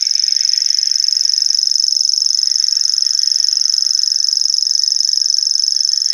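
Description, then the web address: Common grasshopper warbler giving its unbroken, high-pitched mechanical reel, steady and even in loudness throughout. "Schulze Peter Grasshopper Warbler song"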